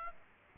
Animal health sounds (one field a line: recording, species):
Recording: mosquito wingbeat signal from an infrared sensor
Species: Aedes aegypti